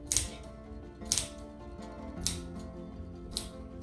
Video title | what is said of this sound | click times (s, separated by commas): Below Knee Amputee Suspension Liners | The pin has a ratchet system where once it goes in the hole, it ratchets down | 0.1 s, 1.1 s, 2.3 s, 3.4 s